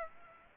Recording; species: mosquito wingbeat signal from an infrared sensor; Aedes aegypti